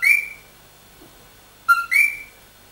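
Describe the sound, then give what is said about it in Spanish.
A tiny Puerto Rican coquí frog, about 1.5 centimetres long, calls: a clear rising note at the start, then a full two-note "co-qui", a short lower tone followed by a higher, sweeping whistle-like note. Quiet gaps between, no talking. “Bueno, esta rana puertorriqueña... Que se llama Coqui. Escúchenla.”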